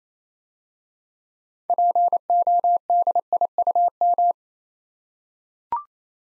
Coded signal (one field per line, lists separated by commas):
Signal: Morse code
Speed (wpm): 28 wpm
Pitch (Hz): 700 Hz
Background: none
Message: PODIUM